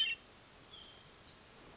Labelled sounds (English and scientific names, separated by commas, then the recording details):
Hermit Thrush (Catharus guttatus)
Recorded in Sonoma County, California